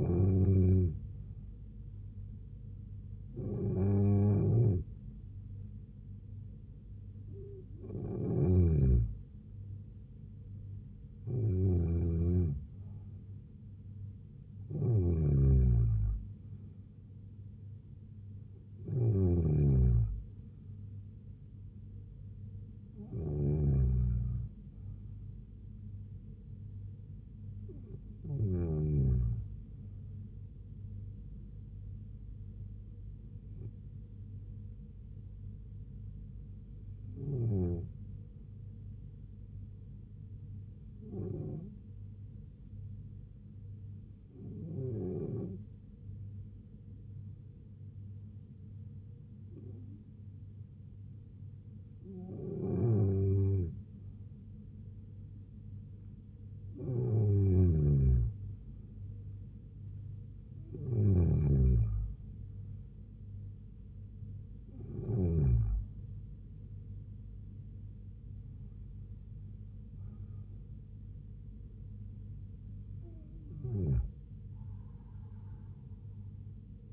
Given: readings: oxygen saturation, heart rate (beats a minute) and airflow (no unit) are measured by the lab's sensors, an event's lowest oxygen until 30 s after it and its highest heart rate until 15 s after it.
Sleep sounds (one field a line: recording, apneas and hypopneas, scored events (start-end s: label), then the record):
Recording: breathing in sleep by a smartphone at the bedside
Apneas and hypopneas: 1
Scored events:
35.00-56.40 s: hypopnea (N2, oxygen 95% highest, then 90% lowest, heart rate 69 at the start, 76 highest)
From the record:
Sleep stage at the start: N2 (light sleep)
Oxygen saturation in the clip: 90 to 95%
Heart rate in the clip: 67 to 78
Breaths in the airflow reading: 20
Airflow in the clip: -4.2 to 3.7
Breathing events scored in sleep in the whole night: 158 in 7.3 hours asleep